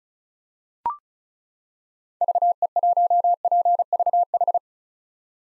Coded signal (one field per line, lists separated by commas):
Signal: Morse code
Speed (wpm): 36 wpm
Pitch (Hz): 700 Hz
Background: none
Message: VE1PVH